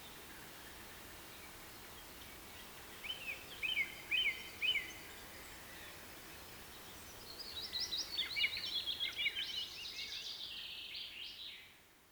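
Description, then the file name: Birds calling: a few short chirped phrases, then a longer rapid series of high twittering notes that fades out, over soft hiss. Rain forest. "KPR Sounds - Rain Forest Bird Sounds"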